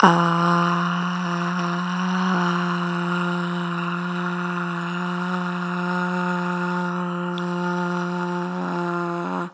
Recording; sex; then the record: sustained vowel /a/; female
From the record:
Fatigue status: no fatigue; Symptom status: symptomatic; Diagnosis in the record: COVID-19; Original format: m4a